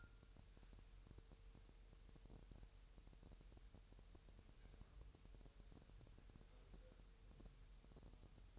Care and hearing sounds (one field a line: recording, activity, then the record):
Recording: daily activity, microphone in the room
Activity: wipe stove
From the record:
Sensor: 2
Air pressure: 1000.8 hPa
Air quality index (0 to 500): 248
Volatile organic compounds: 98 ppm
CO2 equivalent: 3740 ppm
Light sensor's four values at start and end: 10/23/9/9 and 10/23/9/10